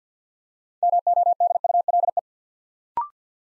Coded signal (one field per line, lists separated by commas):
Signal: Morse code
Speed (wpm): 50 wpm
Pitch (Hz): 700 Hz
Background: none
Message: MODULE